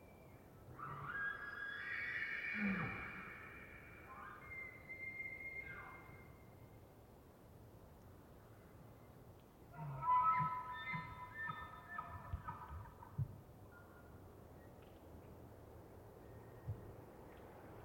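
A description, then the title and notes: Bull elk bugle across an open space: a close, rising scream rings out in the first few seconds, followed by a fainter, more distant whistle around five seconds. Near ten seconds another bull gives a wavering, grunting call, with a low rumble underneath throughout. Elk Multiple Bulls One Close Scream Roar Distant Ethereal Calls. Starting pre-dawn. It was rutting season in the Colockum Wildlife area. These are raw tracks, down-mixed to stereo (from double-m/s). Elk, mostly bulls bugling, screaming, roaring, whistling, and chirping.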